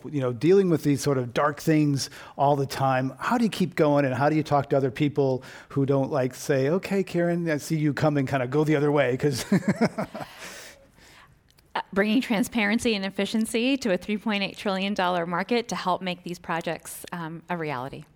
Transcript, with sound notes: you know, dealing with the sort of dark things all the time. How do you keep going and how do you talk to other people who don't like say, okay Kiran and see you coming kind of go the other way because.
[Laughter]
Bringing transparency and efficiency to a $3.8 trillion market to help make these projects a reality.